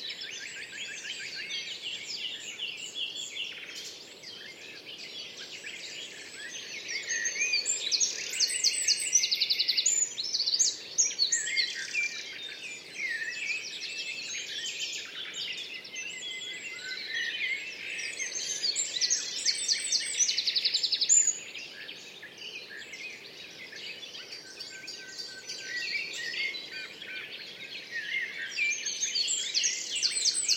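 Birdsong pours out almost without pause, a dense weave of bright chirps, trills and rapid phrases from several birds, with one singer louder. It swells around ten and twenty seconds. Beneath it runs a soft, steady outdoor hush.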